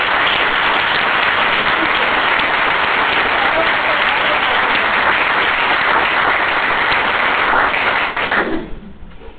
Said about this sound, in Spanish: Un aplauso.